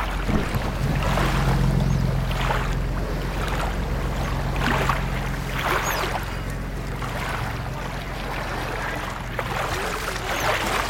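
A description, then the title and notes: A working harbour by the sea, with a steady low engine drone throbbing underneath throughout. Waves wash and splash in slow surges every couple of seconds, while a faint wind and hiss fill the background. Seaside and Working Harbour.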